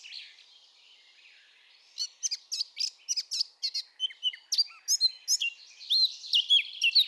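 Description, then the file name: Eurasian blackcap singing after a quiet start: a fast, jumbled warble of high chips and slurred whistles, continuing steadily to the end. "Sylvia atricapilla"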